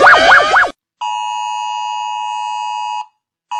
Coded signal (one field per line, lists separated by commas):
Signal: Emergency Alert System (SAME) tones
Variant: 853 and 960 Hz attention tone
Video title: Rating EAS Alarms! Part 1 PARTE 1